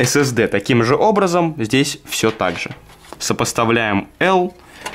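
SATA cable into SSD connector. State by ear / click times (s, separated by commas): not seated / none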